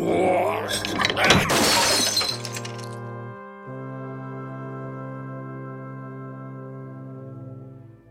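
A glass display cabinet shatters when a kilogram weight from a scale is thrown into it with full force, in a loud, bright burst of breaking and tinkling pieces lasting about two seconds, followed by steady, low sustained tones that hold to the end.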